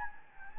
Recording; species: mosquito wingbeat signal from an infrared sensor; Anopheles gambiae